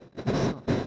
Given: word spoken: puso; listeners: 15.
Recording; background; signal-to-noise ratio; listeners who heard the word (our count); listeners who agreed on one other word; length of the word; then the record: one Spanish word in noise, from a listening test; noise modulated by one talker; -10.4 dB; 1 of 15; 9 of 15; 0.47 s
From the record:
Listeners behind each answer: 9, 3, 2, 1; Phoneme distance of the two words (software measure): 10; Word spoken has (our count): 2 syllables, 4 phonemes, stress on syllable 1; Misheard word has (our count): 2 syllables, 4 phonemes, stress on syllable 1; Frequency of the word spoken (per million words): 103.77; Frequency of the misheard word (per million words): 62.99